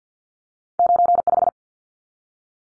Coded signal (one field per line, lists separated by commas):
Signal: Morse code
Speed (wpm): 50 wpm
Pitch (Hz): 700 Hz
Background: none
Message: 95